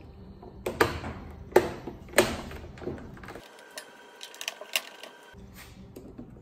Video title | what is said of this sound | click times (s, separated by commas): Washing Machine Not Spinning - Replacing Broken Lid Switch | trim molding goes on it just has clips to snap into place to | 0.8 s, 1.6 s, 2.2 s, 4.8 s